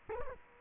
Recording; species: mosquito wingbeat signal from an infrared sensor; Culex quinquefasciatus